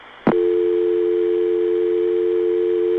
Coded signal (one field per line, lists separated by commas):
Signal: telephone call progress tone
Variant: North America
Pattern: dial tone